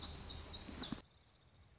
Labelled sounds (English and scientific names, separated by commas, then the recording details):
Black-throated Gray Warbler (Setophaga nigrescens)
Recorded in Sonoma County, California